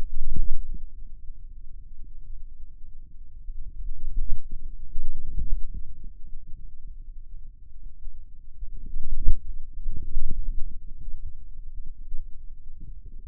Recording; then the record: forearm muscle sounds (acoustic myography)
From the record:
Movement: inward rotation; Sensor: system 2, bracelet of six BSWA MPA416 microphones around the upper forearm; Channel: 5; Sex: male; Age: 22 years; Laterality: right